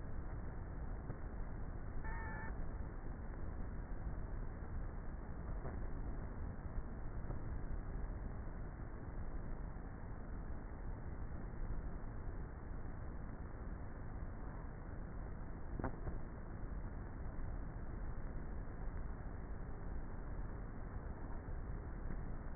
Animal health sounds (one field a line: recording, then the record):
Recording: honeybee colony, microphone inside the hive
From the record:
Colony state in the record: queenless with a low population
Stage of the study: before two queens were removed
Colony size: about 30,000 bees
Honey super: no